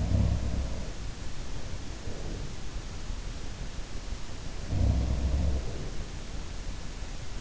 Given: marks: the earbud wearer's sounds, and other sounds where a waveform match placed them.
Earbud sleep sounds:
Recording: sounds in sleep by an in-ear microphone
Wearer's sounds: breath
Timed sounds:
0.00-1.00 s: sound from someone else or the room
1.32-2.62 s: breath
4.62-5.94 s: sound from someone else or the room

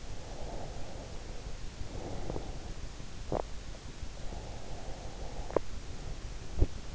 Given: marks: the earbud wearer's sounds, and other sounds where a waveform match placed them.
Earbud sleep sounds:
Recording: sounds in sleep by an in-ear microphone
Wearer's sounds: breath, teeth grinding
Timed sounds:
0.00-2.82 s: breath
3.18-3.60 s: teeth grinding
4.25-5.78 s: breath
5.49-6.86 s: sound from someone else or the room

